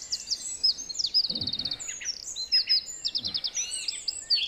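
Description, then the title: Song thrush singing short, high phrases, including a rapid series of repeated notes given twice. Recorded at 06:00 in Durenne. "Zanglijster 06h Durenne"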